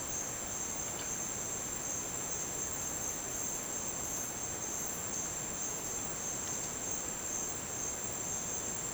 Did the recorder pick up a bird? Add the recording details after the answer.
no. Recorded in dense forest near Puerto Asís, Putumayo, Colombia, on 27 June 2025 at 11:00. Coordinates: 0.484, -76.317. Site G045